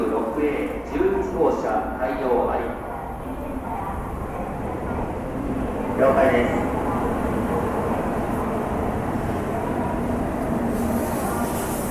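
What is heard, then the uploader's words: Train station ambience in Japan with a steady low rumble of trains running throughout. Voices talk over it, clearest in the first few seconds and again around six seconds, with a brief tonal chime near the start and a hiss building toward the end. TRAIN STATION IN JAPAN AMBIENCE.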